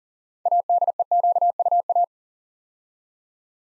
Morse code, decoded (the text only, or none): ADEQUA